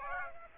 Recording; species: mosquito wingbeat signal from an infrared sensor; Aedes aegypti